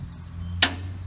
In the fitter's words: it locks in place now your your drives are engaged you're ready to Thresh